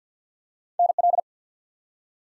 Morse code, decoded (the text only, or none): NL